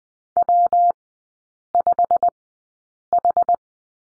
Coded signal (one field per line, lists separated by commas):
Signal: Morse code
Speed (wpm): 20 wpm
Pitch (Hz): 700 Hz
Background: none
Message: W5H